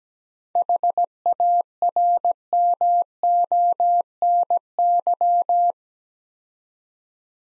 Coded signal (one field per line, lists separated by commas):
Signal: Morse code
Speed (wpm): 17 wpm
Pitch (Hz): 700 Hz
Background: none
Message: HARMONY